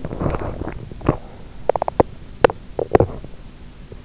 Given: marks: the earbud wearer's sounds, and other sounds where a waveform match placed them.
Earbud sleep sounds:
sounds in sleep by an in-ear microphone; swallowing, teeth grinding
0.00-1.56 s: swallowing
1.63-3.33 s: teeth grinding

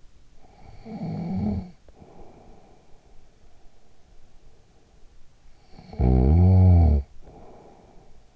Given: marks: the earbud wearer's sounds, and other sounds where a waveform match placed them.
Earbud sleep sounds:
sounds in sleep by an in-ear microphone; snoring breath
0.22-3.34 s: snoring breath
5.08-8.36 s: snoring breath

